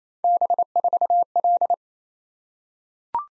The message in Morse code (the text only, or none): B4L